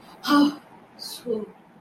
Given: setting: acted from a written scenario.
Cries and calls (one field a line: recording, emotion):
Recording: vocal sound without words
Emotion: elation